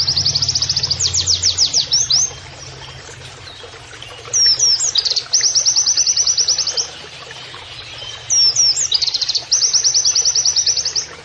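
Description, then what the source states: White-eye song of high chattering notes rolling into long level trills, repeated in several bursts with short breaks. Training (masteran) recording of a persistently singing (gacor) white-eye (pleci), with canary-like phrases (nembak kenarian).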